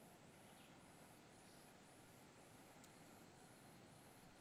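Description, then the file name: Cicada singing in high, evenly spaced buzzy pulses roughly every half second, with steady rushing water and wind beneath. Forest setting, with wind in leaves and a distant river and water. "Cigarra vento com folhas rio longe agua mata"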